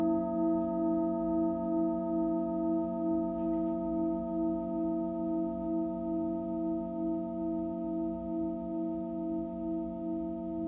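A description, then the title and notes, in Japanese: A singing bowl rings in a sustained, steady drone with layered tones and a gentle regular wobble, with a faint tap near four seconds. メキシコから シンギングボウルのサウンドヒーリング ライブ。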